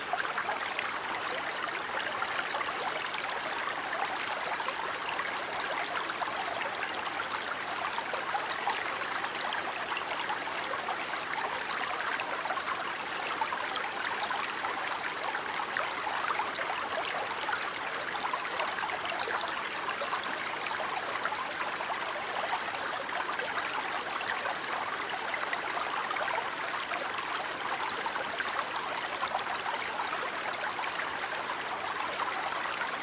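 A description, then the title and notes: Water rushes steadily, like a stream or small cascade, a dense, even hiss with no breaks or changes across the whole stretch. The sound sits mostly in the middle and upper range, with a faint low hum running underneath throughout. Sleep Sounds Of Nature Featuring Calming Water White Noise.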